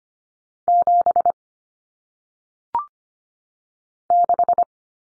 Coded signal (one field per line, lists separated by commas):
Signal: Morse code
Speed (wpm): 25 wpm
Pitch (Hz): 700 Hz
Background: none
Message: 7 6